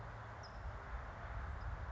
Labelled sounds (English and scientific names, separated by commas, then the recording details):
California Towhee (Melozone crissalis)
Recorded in Sonoma County, California